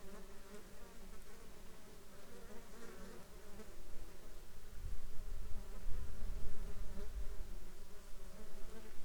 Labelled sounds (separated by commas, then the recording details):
insects
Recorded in the Arctic National Wildlife Refuge, Alaska, on 19 July 2021 at 12:35
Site 33